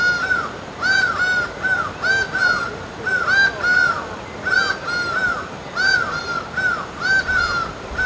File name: laughing falcon